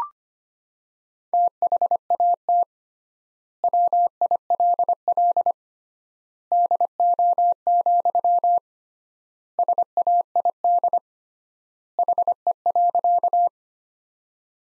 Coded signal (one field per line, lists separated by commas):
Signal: Morse code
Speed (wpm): 25 wpm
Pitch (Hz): 700 Hz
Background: none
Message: THAT WILL DO, SAID HE.